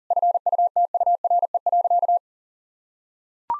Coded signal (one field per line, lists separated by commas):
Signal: Morse code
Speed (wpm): 40 wpm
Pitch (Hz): 700 Hz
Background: none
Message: FUTURE.